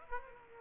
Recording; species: mosquito wingbeat signal from an infrared sensor; Aedes aegypti